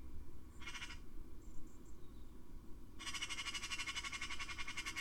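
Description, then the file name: Eurasian magpie with a short harsh rattle, then a longer, sustained machine-gun chatter of rapid dry notes, low rumbling noise underneath throughout. "Pica pica"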